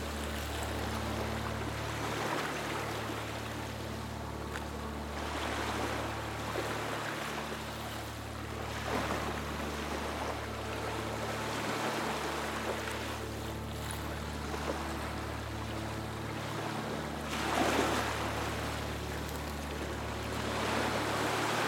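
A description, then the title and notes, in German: Relaxing music plays over the sound of waves. A low, steady drone shifts pitch every couple of seconds in a slow, repeating pattern, while soft washes of surf rise and fall throughout, with a slightly stronger wave around seventeen seconds. Entspannende Musik mit dem bezaubernden Geräusch der Wellen.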